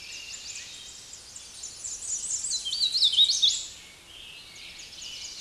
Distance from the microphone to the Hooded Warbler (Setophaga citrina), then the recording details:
about 5 m. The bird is about 5 m above the microphone. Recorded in a Pennsylvania forest on 16 May 2024 at 06:43. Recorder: AudioMoth, point MSD-1411. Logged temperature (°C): 16.1 °C. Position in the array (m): 33 m, 173 m